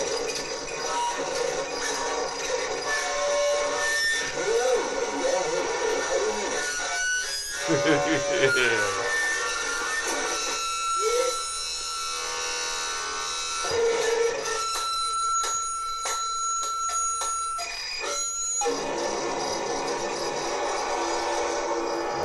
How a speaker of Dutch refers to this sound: Ja, hij zit nu met een plastic zak over een telefoonmicrofoon heen te schreeuwen en in te uithalen.